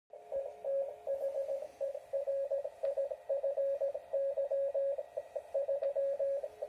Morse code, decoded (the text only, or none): ETHERIFY 3